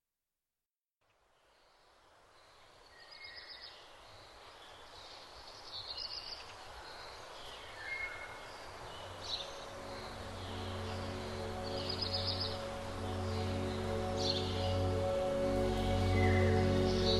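Sunrise ambience that starts from silence after a second and slowly builds in volume. Scattered bird chirps and calls ring out every couple of seconds over a soft hiss, while a low steady hum grows stronger toward the end.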